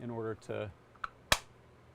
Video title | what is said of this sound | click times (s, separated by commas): Workshop Live 7/24/25 ESP-NOW Juggling project | click into place. And now we get a really nice uh nice fit there. | 1.0 s, 1.3 s